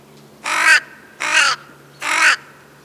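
Crow uttering three rasping caws in a quick, even series, each short and coarse, over a faint constant hum.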